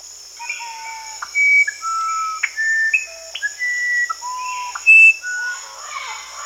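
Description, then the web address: Musician wren song: a series of pure, flute-like whistled notes at different pitches, some steady and some sliding, over a constant high insect drone. South America. "Natures Songs S America Musician Wren (Cyphorhinus aradus)"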